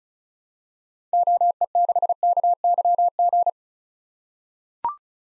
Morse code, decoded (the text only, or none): OE6KYG